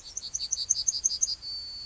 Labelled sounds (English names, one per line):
Yellowhammer song